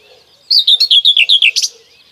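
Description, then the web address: Common whitethroat song: one brisk phrase of about nine quick, slightly descending chirpy notes, ending in a brighter scratchy flourish, over a quiet background. "Kurs PTTK Przyroda Ptaki Cierniówka"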